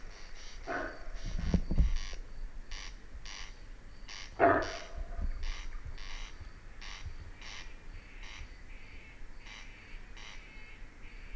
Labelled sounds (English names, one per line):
Corn Crake